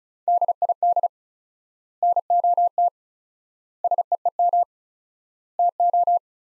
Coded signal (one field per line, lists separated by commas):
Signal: Morse code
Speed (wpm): 36 wpm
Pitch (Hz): 700 Hz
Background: none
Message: DID NOT SEEM TO